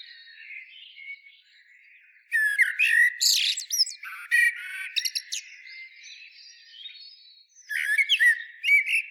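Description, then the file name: Common blackbird song: low, fluty warbled phrases followed by bursts of high, squeaky twittering, repeated in two loud bouts with quieter gaps between. "Turdus merula"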